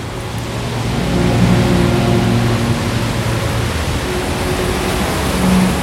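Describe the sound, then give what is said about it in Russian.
A steady roar of cars driving in both directions across a bridge not far off in a large city, a dense wash of tire noise with low engine hum underneath, holding constant and fairly loud throughout with no voices. “Недалеко по мосту в обоих направлениях едут машины.”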